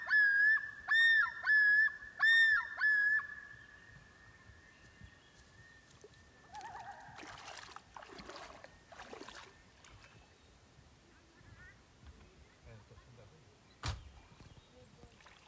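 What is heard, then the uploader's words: A loon calls at the start, a long wavering wail with bright, repeated yodeling rises in the first four seconds that trails off into a thinner held tone. After that it turns quiet, with a few scattered rustles and splashes around seven to eight seconds and a sharp click near fourteen. Loons of Lac Forbes at Sunset, Mont-Tremblant National Park, Québec, Canada. By Mira Burt-Wintonick.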